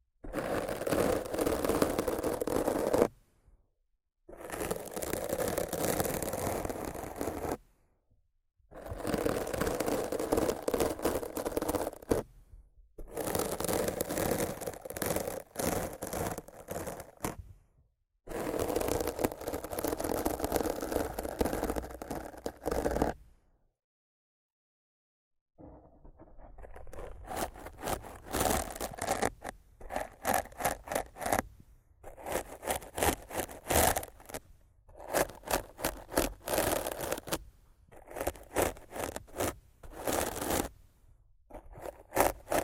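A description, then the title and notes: Rough scratching and brushing against a microphone, in bursts of a few seconds separated by short silences. The first half is dense, continuous rubbing; after a longer pause near 24 seconds it turns into quicker, choppier scratches with sharp crackling strokes. ASMR Rough Mic Scratching & Brushing (No Talking).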